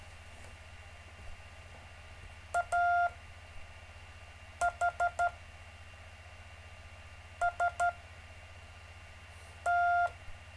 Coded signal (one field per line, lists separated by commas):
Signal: Morse code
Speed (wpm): 13 wpm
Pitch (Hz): 700 Hz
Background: none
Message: AHST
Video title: David Casler Live Stream Morse Code 2, 3 Mar 2018